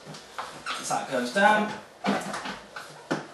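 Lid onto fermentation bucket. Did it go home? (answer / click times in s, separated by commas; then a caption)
yes / 0.4 s. A plastic lid with its grommet refitted is pressed tightly onto a plastic fermentation bucket and clicks into place at 0.4 s, with further sharp knocks at 2.8 s and 3.1 s. Someone talks throughout. The lid is seated on the bucket.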